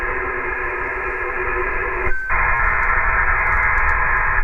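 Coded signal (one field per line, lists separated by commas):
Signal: HF data modem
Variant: HFDL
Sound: steady wide rushing data hiss with a short dropout midway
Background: radio static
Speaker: Let's check out the sound of the HFDL, which is used to track airplanes. And this is a recording that I made myself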